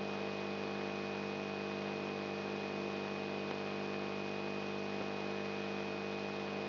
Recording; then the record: brain microelectrode recording played as sound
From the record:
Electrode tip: outside the subthalamic nucleus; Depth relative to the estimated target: 3.5 mm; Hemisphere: right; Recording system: AlphaMap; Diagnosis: Parkinson's disease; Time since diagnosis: 10 years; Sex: male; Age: 56 years